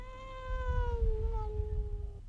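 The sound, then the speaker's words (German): A tomcat greeting police as they enter a house lets out one long, drawn-out meow that holds a steady, rich tone and sags slightly in pitch before cutting off, over a low background rumble. “wurde sie nur von einem einzigen Überlebenden begrüßt. Es war Sebastian, der Kater.”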